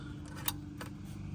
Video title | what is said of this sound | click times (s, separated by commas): Stealth Hitch install with tow option and wiring on Tesla Model 3 | the lock cylinder Clicks in and now you'll notice that if I rotate the handle | 0.5 s